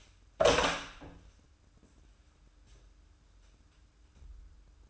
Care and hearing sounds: daily activity, microphone in the room; open door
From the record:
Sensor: 2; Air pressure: 994.2 hPa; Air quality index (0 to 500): 206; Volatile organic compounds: 1000 ppm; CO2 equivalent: 6840 ppm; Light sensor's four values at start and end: 77/179/74/74 and 76/179/74/74

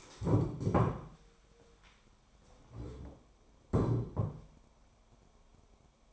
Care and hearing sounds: daily activity, microphone in the room; stand up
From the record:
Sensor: 1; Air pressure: 1015.2 hPa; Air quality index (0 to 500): 188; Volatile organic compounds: 18 ppm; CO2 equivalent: 2626 ppm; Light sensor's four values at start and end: 13/30/12/14 and 12/30/12/13

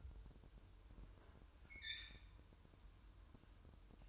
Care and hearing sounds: daily activity, microphone in the room; open fridge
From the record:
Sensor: 2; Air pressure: 988.3 hPa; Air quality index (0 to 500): 192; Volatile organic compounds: 192 ppm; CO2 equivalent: 4186 ppm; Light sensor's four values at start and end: 21/71/28/26 and 21/71/27/26

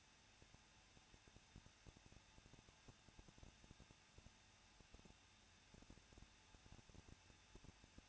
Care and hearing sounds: daily activity, microphone in the room; no activity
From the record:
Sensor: 2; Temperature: 21.0 degrees Celsius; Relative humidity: 37.6%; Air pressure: 1006.3 hPa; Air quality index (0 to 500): 224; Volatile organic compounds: 25 ppm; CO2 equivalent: 2846 ppm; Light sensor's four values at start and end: 2/3/2/2 and 2/3/2/2

